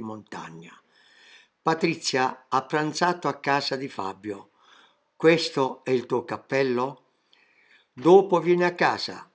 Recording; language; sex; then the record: read phrases; Italian; male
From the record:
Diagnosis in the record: healthy control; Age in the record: 77 years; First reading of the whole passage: 68 s, 7.6 characters per second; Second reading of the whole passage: 60 s, 8.3 characters per second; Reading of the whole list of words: 67 s, 4.2 characters per second